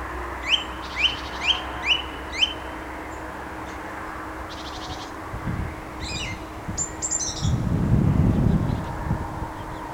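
Song thrush singing, one short rising phrase repeated five times in quick succession, then varied high twittering notes, with a low rumble toward the end.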